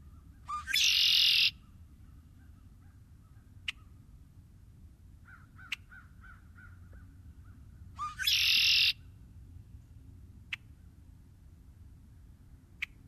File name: Red-winged blackbird